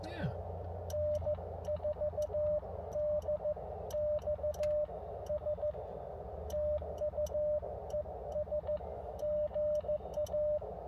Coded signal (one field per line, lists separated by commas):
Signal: Morse code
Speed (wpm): 15 wpm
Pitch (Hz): 590 Hz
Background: speech, radio noise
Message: N4DXS TU ES GA